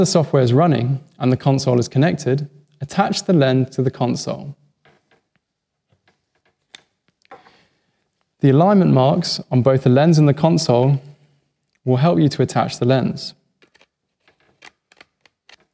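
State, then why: Not seated. A camera lens is picked up and brought to a lens console's bayonet mount, lined up by its alignment marks before being pushed on and turned. Someone talks, with faint handling taps between about 4.8 and 7.3 seconds and a few small ticks from about 13.8 to 15.5 seconds. Nothing has seated or clicked yet.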